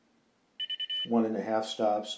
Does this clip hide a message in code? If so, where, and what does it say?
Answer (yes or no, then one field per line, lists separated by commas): no